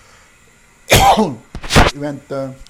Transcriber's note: coughs